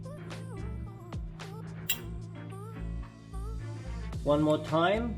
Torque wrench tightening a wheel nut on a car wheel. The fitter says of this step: Tôi sẽ quay và xem và nghe thấy tiếng tách.